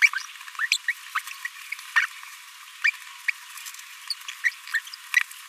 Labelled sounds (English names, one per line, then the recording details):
Green-rumped Parrotlet babbling
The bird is a male
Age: 26 days
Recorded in a nest box in Venezuela
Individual 17B42A3